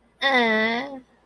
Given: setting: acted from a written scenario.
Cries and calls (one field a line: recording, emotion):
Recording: vocal sound without words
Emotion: guilt